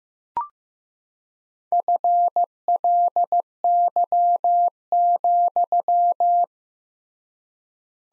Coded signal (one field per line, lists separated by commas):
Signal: Morse code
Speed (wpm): 16 wpm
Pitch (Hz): 700 Hz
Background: none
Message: FLY,